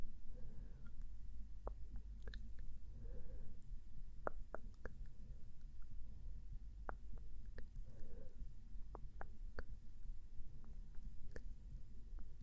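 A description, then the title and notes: Gentle up-close mouth sounds: crisp tongue clicks and tsk-like taps land irregularly, roughly one or two every second. Between them come soft, muffled wet smacks, with a steady low rumble underneath throughout. ASMR gentle mouth sounds & up close face touching (tongue clicking, tk, sk, tsk & more).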